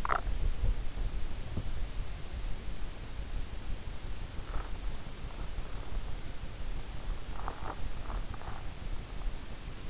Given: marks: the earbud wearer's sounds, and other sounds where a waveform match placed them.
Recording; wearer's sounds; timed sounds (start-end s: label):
sounds in sleep by an in-ear microphone; swallowing
0.00-0.27 s: swallowing
7.33-7.79 s: swallowing